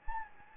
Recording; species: mosquito wingbeat signal from an infrared sensor; Anopheles gambiae